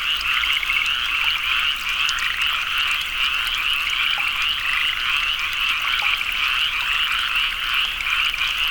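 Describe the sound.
Frogs in full chorus, quick pulsed croaks repeating beneath a constant trilling hum.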